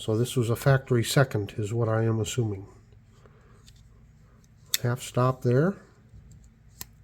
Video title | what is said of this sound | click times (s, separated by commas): CLEANING UP NOT ONE, BUT TWO UNIQUE KLEIN ELECTRICIAN'S KNIVES | this one has a little better action to it or you can hear that liner lock snap into place there | 6.8 s